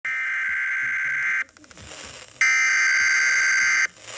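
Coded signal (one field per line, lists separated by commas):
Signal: Emergency Alert System (SAME) tones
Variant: header bursts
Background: speech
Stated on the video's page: Severe thunderstorm warning received on FM station 94.1.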